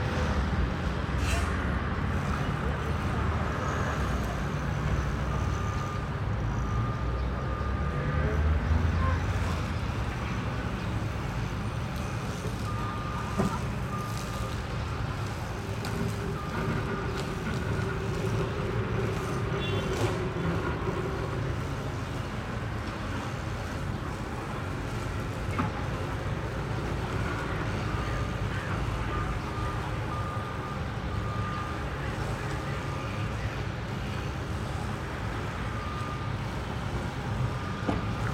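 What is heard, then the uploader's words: A busy city morning with a constant, dense rumble of traffic, vehicles idling and passing without a break. Thin steady beeps, like a reversing truck, sound on and off throughout, and faint voices blur into the background. It features a busy city morning ambiance with crowds and traffic.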